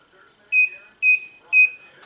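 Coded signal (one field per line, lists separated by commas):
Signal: beep code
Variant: Deep Freeze BlueTipz receiver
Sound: three short high beeps about half a second apart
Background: faint room noise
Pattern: 3 short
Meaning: Three beeps mean the unit is turned off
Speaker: you hit the power button for 3 seconds. 3 beeps and blinks indicates that the unit is turned off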